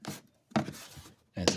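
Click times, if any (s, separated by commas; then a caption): 0.6 s, 1.5 s. A plastic cowl cover on a Land Rover LR2/Freelander 2 is worked back and forth, pushed down and forward into the windshield base. Sharp snaps are heard at about 0.6 s and 1.5 s with scraping between, as its edge slips and seats into place.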